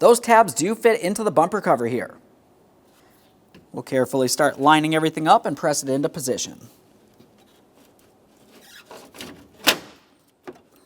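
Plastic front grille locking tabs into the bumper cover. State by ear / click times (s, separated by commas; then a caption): seated / 9.7 s. Someone talks as a new plastic front grille for a 2011-2020 Toyota Sienna is lined up and pressed into position so its bottom locking tabs fit into the bumper cover. After the talking stops, a few soft knocks of handling lead to a sharp click at 9.7 seconds, and the lower locking tabs are seated in the bumper cover.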